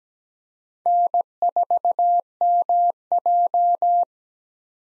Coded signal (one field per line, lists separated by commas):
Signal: Morse code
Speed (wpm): 17 wpm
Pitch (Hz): 700 Hz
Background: none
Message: N4MJ